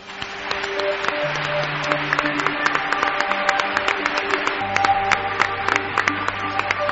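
Sustained audience applause in Morón, in the province of Sevilla, given for two local journalists: a dense steady wash of many hands clapping at a strong, even level for several seconds, with sharp individual claps standing out and a few low tonal hums underneath.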